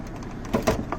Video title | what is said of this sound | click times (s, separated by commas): Toyota Prado 2006 120 Auto Gear Shift Lever / Cable Temporary Fix - Lose or Disconnect | uh it clicks in place | 0.9 s